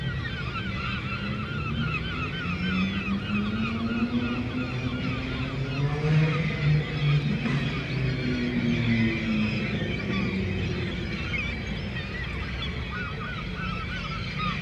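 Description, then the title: Gull calls: many birds giving rapid, curved yelps throughout, while motorcycles drone and rev underneath, with one engine swelling in the middle. Gulls at a harbour quay in Le Tréport, France, mixed with passing motorcycles; recorded with DPA 4060 microphones in AB position into a Zoom F3. "3 Quai des Paquebots, Le Tréport, France - Seagulls"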